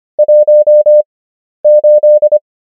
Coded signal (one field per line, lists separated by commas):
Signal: Morse code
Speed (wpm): 25 wpm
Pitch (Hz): 600 Hz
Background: none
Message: 18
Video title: morse code practice | 25wpm | 11fw | numbers | ENGLISH